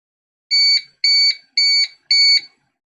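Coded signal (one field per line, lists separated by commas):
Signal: beep code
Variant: APC UPS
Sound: four short high-pitched buzzer beeps at an even rhythm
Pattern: 4 short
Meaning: On APC units, four beeps usually means the UPS is running on battery after losing mains power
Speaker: Okay. I forget what 4 beeps is, but it's reacting. It might be low charge. I don't know if 2 beeps is power off or 4 beeps is loss of line voltage.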